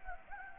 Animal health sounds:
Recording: mosquito wingbeat signal from an infrared sensor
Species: Anopheles gambiae

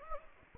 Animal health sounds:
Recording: mosquito wingbeat signal from an infrared sensor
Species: Anopheles gambiae

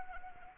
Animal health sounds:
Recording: mosquito wingbeat signal from an infrared sensor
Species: Anopheles arabiensis

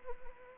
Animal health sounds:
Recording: mosquito wingbeat signal from an infrared sensor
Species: Anopheles arabiensis

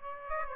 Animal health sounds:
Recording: mosquito wingbeat signal from an infrared sensor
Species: Aedes aegypti

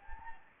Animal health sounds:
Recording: mosquito wingbeat signal from an infrared sensor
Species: Anopheles gambiae

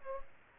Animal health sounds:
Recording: mosquito wingbeat signal from an infrared sensor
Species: Aedes aegypti

